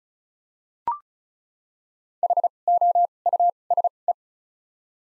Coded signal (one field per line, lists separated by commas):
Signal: Morse code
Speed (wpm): 36 wpm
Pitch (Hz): 700 Hz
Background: none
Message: H O U S E